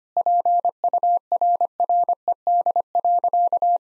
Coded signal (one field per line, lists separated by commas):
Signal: Morse code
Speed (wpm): 25 wpm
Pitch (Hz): 700 Hz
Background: none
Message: PURRED.